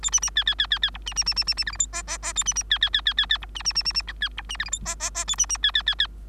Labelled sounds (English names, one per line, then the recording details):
Bengalese Finch song
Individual Bird3